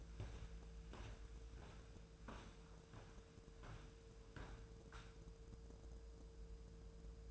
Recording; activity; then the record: daily activity, microphone in the room; walk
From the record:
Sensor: 2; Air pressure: 1005.4 hPa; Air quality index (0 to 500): 99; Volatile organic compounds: 2 ppm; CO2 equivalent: 1205 ppm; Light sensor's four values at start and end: 8/20/8/8 and 8/20/8/8